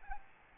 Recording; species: mosquito wingbeat signal from an infrared sensor; Aedes albopictus